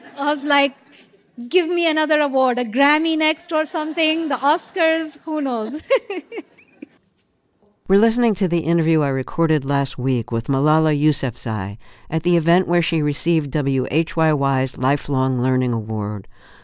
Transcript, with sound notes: I was like, give me another award, a Grammy next or something, the Oscars.
(LAUGHTER)
Who knows (laughter)?
We're listening to the interview I recorded last week with Malala Yousafzai at the event where she received WHYY's Lifelong Learning Award.